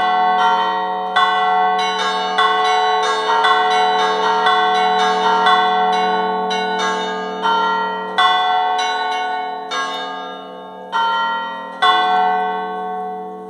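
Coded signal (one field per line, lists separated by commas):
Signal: bell signal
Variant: scampanio chiming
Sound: several church bells struck in a lively repeated chiming sequence, ringing and overlapping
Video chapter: [2:37] Scampanio a campane ferme effettuato in E.M dal sottoscritto per l'inizio della messa solenne delle 12.00 nel giorno di Natale, 25-12-2023.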